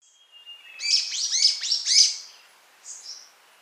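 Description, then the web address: Golden-crowned Flycatcher calls: a quick burst of high, sharp chattering notes, followed by a fainter, softer note pair. Ecuador. "Birds of Ecuador. Golden-crowned Flycatcher"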